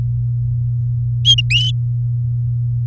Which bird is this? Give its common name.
Domestic Canary